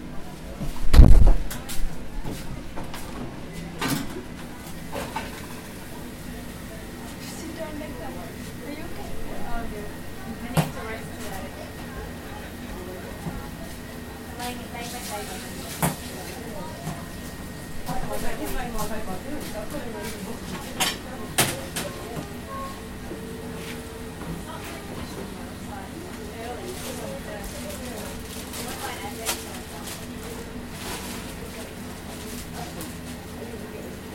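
A café kitchen murmurs with indistinct voices and a steady low hum of appliances. A loud thump lands near the start, then sharp clinks and clatters of dishes and utensils break through every few seconds.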